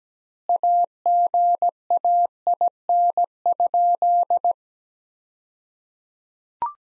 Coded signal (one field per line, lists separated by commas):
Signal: Morse code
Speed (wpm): 17 wpm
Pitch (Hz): 700 Hz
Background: none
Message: AGAIN?